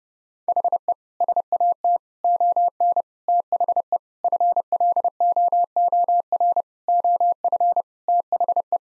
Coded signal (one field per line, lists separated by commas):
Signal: Morse code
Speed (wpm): 30 wpm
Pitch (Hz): 700 Hz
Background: none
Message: HE SAT ON THE FLOOR OF THE